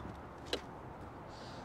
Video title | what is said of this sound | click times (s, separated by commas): Can You Charge a Non Tesla with a Tesla Charger? Lectron Tesla to J-1772 Adapter | there it clicks in | 0.5 s